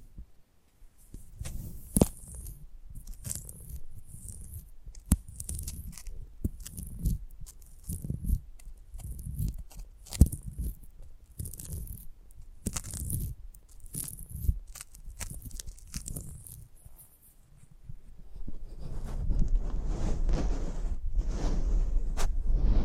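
An ASMR mic treatment: irregular rubbing, scratching and tapping sounds with low thumps and sharp bright clicks scattered every second or so. After a short lull near 18 seconds, the sound turns into a denser, steady crackling rustle that continues to the end.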